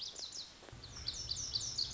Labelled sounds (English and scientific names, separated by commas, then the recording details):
Lazuli Bunting (Passerina amoena)
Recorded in Sonoma County, California